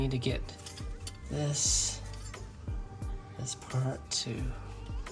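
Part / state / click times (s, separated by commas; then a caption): wheel speed sensor harness clip into bracket slot / not seated / none. While fitting a new front wheel speed sensor harness on a Porsche 911 (997), a plastic harness clip is handled and pushed toward a small slot on the suspension or body bracket, with brief light taps and clinks as someone talks over background music. Nothing has seated or clicked yet.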